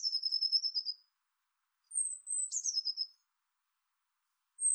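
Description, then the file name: Eurasian blue tit singing: a very high thin note dropping into a fast, even trill, repeated about every two to three seconds, with another phrase starting at the end; no other sounds. "Cyanistes caeruleus"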